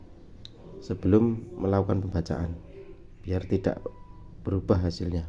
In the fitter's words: klik, maka harus dikunci seperti ini.